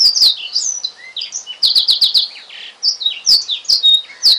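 Oriental magpie-robin song: a rapid run of high, sweet whistles and slurred notes, broken by sharp dry clicks, with a brief pause midway.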